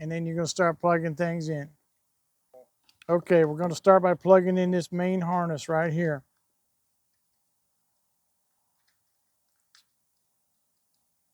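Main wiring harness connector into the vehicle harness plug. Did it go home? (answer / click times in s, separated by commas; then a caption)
no / none. Someone talks while preparing to plug the main plastic wiring harness connector into its mating vehicle harness plug under the dash of a John Deere Gator 875M during a front turn signal and hazard light install. After the talking, the clip goes quiet apart from faint brief ticks at about 2.9 s and 9.8 s. The connector is only being handled and nothing has seated or clicked yet.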